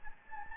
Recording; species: mosquito wingbeat signal from an infrared sensor; Anopheles gambiae